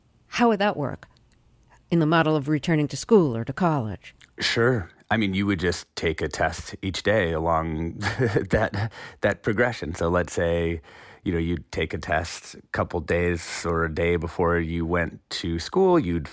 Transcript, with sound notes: How would that work in the model of returning to school or to college?
Sure. I mean, you would just take a test each day along (laughter) that progression. So let's say, you know, you'd take a test a couple days or a day before you went to school.